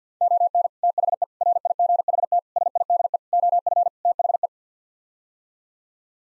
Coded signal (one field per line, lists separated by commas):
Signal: Morse code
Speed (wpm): 50 wpm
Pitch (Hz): 700 Hz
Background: none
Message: ON THE RIGHT SIDE OF THE